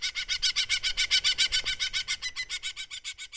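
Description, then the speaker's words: New Zealand falcon calling, a fast, harsh, chattering kek-kek-kek of about four notes per second, held steadily for several seconds and fading slightly at the end. Female; a call heard in vineyards in Marlborough and the Wairarapa, New Zealand, where falcons were introduced to hunt grape-eating small birds. "the call of a female New Zealand falcon, and it's one you'll hear in some vineyards in Marlborough and the Wairarapa."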